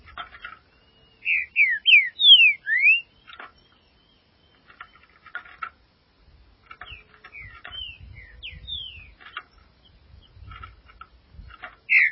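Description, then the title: Green-winged saltator song, a bright five-note whistled phrase early on, then a softer repeat of similar slurred notes among light clicking chips. "Trinca Ferro"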